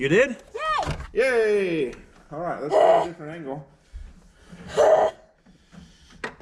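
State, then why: Released. Someone talks as a helper reaches under the dash of a 1985 Camaro during the old gauge removal and works a retaining clip or connector behind the dash free from a different angle. A short, sharp snap is heard at 6.2 s as the clip pops out and is released.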